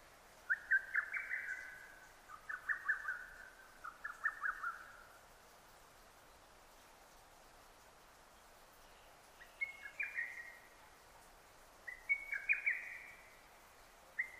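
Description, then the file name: Lesser cuckoo: three quick staccato phrases, then a pause of several seconds, then more bursts of clipped, slightly descending notes. Recorded 6 June 2009. "hototogisu 20090606"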